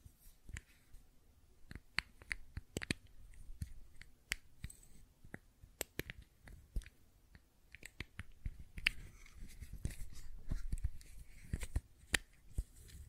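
Fidget cube tapping and clicking, a run of sharp, dry clicks and taps that come irregularly, sometimes in quick pairs or clusters, sometimes spaced a second or more apart. Each click is brief and crisp, with a faint low rumble and soft rustle between them.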